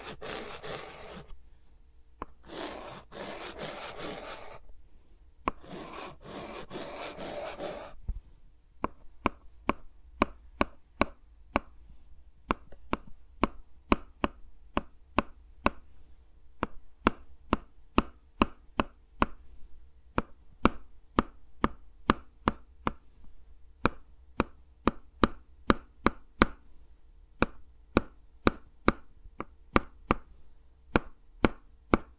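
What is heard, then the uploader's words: Fingers work around microphones with no talking. The first eight seconds hold three bursts of dense, scratchy rubbing, then sharp crisp taps take over, falling at a fairly steady two or three per second to the end, some noticeably louder, over a faint low rumble. ASMR with Mics Around My Fingers (No Talking).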